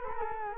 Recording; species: mosquito wingbeat signal from an infrared sensor; Culex quinquefasciatus